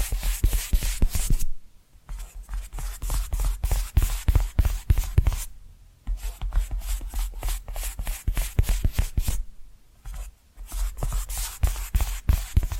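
Tapping and scratching sounds in quick, dense bursts of sharp clicks and rubbing strokes, each burst lasting a second or two. Brief near-silent pauses come around 2, 6 and 10 seconds before the tapping resumes at a similar pace.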